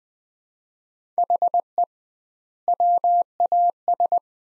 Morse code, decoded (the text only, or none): HE WAS